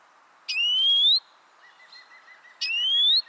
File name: Chloris chloris